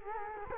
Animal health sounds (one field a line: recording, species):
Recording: mosquito wingbeat signal from an infrared sensor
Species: Culex quinquefasciatus